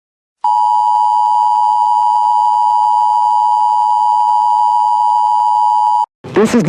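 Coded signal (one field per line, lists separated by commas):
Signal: Emergency Alert System (SAME) tones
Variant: 853 and 960 Hz attention tone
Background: speech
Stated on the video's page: Fictional EAS scenario styled as a 1984 VHS tape; not real.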